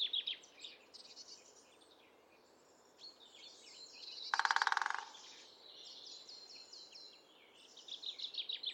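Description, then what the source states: Great spotted woodpecker drumming, a short machine-gun roll of hard knocks near the middle, set among twittering and trilling songbirds. Non-vocal drumming; the species is a fairly recent addition to the Irish soundscape.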